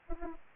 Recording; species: mosquito wingbeat signal from an infrared sensor; Anopheles arabiensis